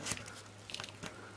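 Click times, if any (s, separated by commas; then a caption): none. A gear locking collar is handled on its plungers on a Classic Mini gearbox main shaft, where it will be turned until both plungers lock into the teeth to hold the gears on the shaft. Short, crisp handling taps and scrapes sound over a steady low hum, with the sharpest near 0.1, 0.7 to 0.8 and 1.1 seconds. Nothing has seated or clicked home yet.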